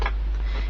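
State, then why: Seated. A cap is screwed down onto a glitter marker pen until an internal spike pierces the ink chamber, seating with a single short click at 0.1 s. The rest of the clip is a quiet, steady background with no further clicks.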